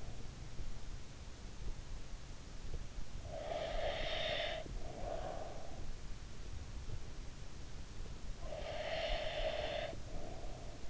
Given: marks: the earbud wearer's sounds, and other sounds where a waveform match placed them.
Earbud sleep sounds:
sounds in sleep by an in-ear microphone; breath
2.81-6.07 s: breath
8.19-10.90 s: breath

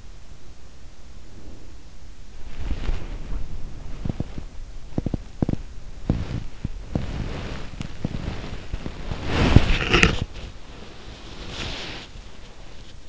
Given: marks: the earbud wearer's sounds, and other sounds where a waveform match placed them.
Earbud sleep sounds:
sounds in sleep by an in-ear microphone; breath, body movement
0.83-1.94 s: breath
2.43-13.09 s: body movement

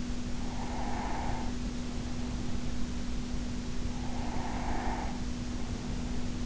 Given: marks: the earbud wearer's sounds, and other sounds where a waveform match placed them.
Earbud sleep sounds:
sounds in sleep by an in-ear microphone; breath
0.22-2.68 s: breath
3.83-6.46 s: breath

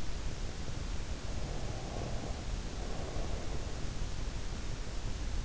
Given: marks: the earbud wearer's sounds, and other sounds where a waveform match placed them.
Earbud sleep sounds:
sounds in sleep by an in-ear microphone; breath
1.51-4.03 s: breath

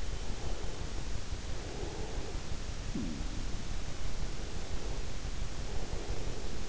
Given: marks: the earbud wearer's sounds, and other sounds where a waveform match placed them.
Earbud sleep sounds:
sounds in sleep by an in-ear microphone; breath
0.04-2.54 s: breath
2.93-3.64 s: sound from someone else or the room
4.13-6.69 s: breath
6.05-6.69 s: sound from someone else or the room

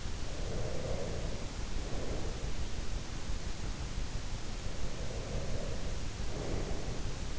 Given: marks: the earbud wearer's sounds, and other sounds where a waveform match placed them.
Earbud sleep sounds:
sounds in sleep by an in-ear microphone; breath
0.33-2.61 s: breath
4.71-7.39 s: breath

